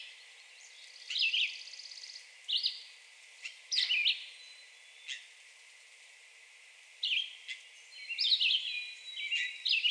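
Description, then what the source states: Red-eyed Vireo singing scattered short slurred phrases with longer pauses between them, plus occasional sharp clicks. Recorded 2020-06-02.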